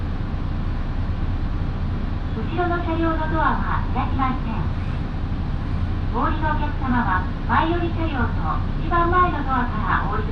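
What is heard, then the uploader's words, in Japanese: A local train on the Minobu Line, travelling from Shibakawa toward Minobu, with a steady low rumble throughout. A woman's voice speaks in two stretches, from about 2.5 to 5 seconds and again from 6 seconds to the end, over the constant running noise. 身延線普通 芝川→身延。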